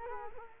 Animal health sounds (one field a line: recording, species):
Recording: mosquito wingbeat signal from an infrared sensor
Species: Culex quinquefasciatus